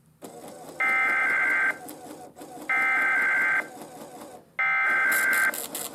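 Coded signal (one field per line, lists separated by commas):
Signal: Emergency Alert System (SAME) tones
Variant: header bursts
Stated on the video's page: SAME tones generated by a TFT EAS 911 encoder/decoder unit in an unboxing demo, not connected to any antenna.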